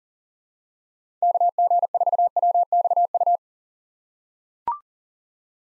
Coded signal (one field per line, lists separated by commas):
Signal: Morse code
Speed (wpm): 40 wpm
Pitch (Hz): 700 Hz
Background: none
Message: KG4WXU